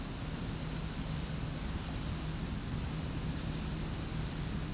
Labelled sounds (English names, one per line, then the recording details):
none
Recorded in pastures near Puerto Asís, Putumayo, Colombia, on 12 March 2025 at 11:00
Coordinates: 0.472, -76.329
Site G074